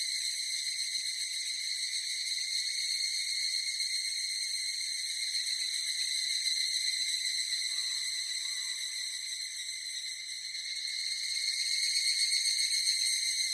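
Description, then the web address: Evening cicada song, a steady metallic ringing drone with stacked tones and rapid pulsing throughout, swelling slightly in loudness near the end. Recorded 18 July 2004. "2004 040718 higurasi"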